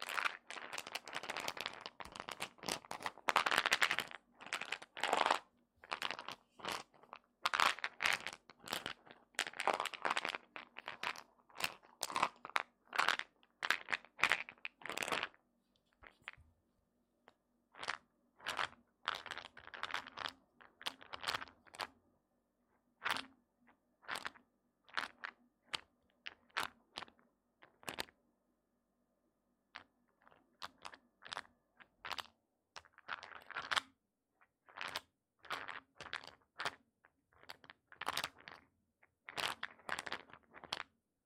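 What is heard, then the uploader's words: Wooden eggs knock and rattle against each other in quick, dry clicks and clacks. The first fifteen seconds are dense and busy, then the taps thin out into scattered bursts with short silences, picking up again near the end. A faint low hum runs underneath. ASMR Relaxing wooden eggs sounds (No Talking).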